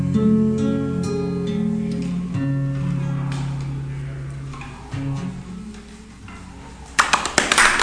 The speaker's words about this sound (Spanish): ¡Aplausos!